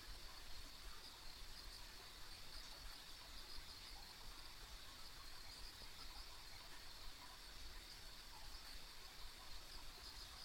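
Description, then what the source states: Insect chorus of shrill, unbroken trilling at high pitch, with a quiet low rumble underneath. Ambient insect sounds recorded along a rural country road.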